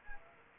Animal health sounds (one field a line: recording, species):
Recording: mosquito wingbeat signal from an infrared sensor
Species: Culex quinquefasciatus